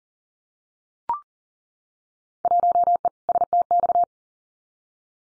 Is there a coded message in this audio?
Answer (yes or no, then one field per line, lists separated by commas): yes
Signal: Morse code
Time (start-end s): 2.4-4.0 s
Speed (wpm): 38 wpm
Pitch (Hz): 700 Hz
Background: none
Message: 1E STX